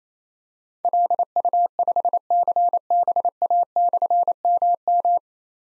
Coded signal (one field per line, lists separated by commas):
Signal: Morse code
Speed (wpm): 27 wpm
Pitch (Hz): 700 Hz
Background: none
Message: LU5CBA/MM